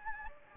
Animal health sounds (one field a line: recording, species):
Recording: mosquito wingbeat signal from an infrared sensor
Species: Anopheles gambiae